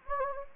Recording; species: mosquito wingbeat signal from an infrared sensor; Anopheles gambiae